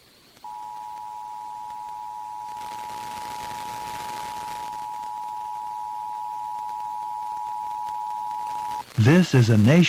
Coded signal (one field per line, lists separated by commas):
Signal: Emergency Alert System (SAME) tones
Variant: 853 and 960 Hz attention tone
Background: speech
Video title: 2023 National Periodic EAS Test - Local Radio Activation - 10/4/2023 2:20pm